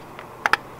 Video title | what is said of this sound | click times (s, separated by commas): OMP Rear Strut Bar Install In The Golf! ( + Engine Tune Up ) | that click now that's in tight to this nice and tight | 0.5 s